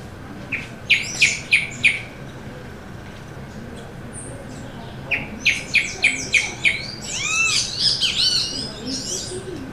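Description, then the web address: Band-tailed hornero giving loud, sharp notes in short rapid runs, then a busier burst of overlapping arched and descending notes; a faint steady tone throughout. "sound Band-tailed-hornero. صدای-پرنده-هورنرو-دمنواری"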